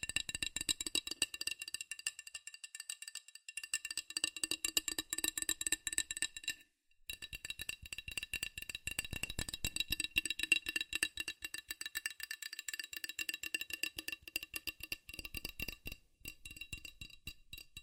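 Fast, furious tapping on metal, a dense rattling stream of sharp bright clicks with a ringing high edge. The taps run almost continuously, thinning in places, with a brief silence just before seven seconds and another short gap near sixteen seconds.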